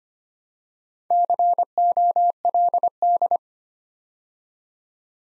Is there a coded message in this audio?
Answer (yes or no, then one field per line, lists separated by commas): yes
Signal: Morse code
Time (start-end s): 1.1-3.4 s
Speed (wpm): 25 wpm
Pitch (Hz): 700 Hz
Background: none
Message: COLD